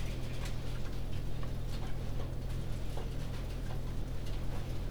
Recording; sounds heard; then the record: poultry house recording; no chicken sound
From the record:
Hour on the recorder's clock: 20